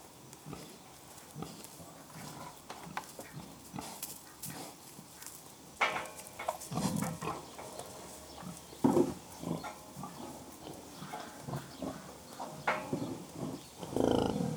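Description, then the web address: Pig grunts, low rough bursts scattered throughout, heavier around the middle and end, with shuffling and rustling noises between them. Pigs grunting; livestock. "The BBC Sound Effects Library Livestock Pigs Grunting"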